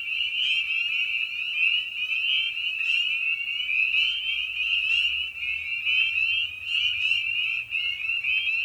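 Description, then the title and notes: Spring peepers in full chorus, continuous high piping of rapid rising peeps, with a faint low rumble partway through. Evening at a frog pond; tiny amphibian known for its distinctive song. "Episode 5: Night of the Peepers. we return to the frog pond for a meditative evening. Species in Focus: Spring Peeper (Pseudacris crucifer). Ian Carlsen"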